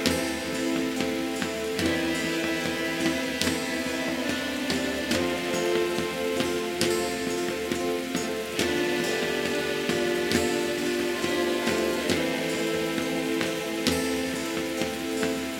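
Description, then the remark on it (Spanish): Steady, heavy thunderstorm rain hisses without pause for the whole stretch, layered with sustained tonal drones. No distinct thunderclaps stand out, and no one speaks. “Esa tormenta que oyes es la lucha del oro y el plomo.”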